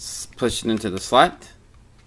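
A microSD card is being pushed into the card slot of a Senta Ally portable Bluetooth speaker while someone talks, with a brief hiss at the start. The card has not seated or clicked into the slot yet.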